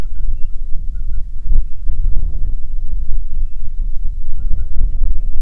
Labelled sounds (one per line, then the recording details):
songbird
waterfowl
wind
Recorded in the Prudhoe Bay oil fields, Alaska, on 6 August 2019 at 05:02
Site 22